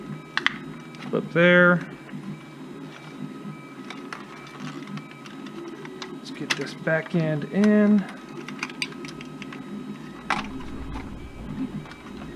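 A plastic body clip on the rear end of a Bruder John Deere 9620RX toy tractor body is handled and pushed toward the rear housing during an RC conversion, with sharp plastic taps and rattles between bursts of music while someone talks. Nothing has seated or clicked into place yet.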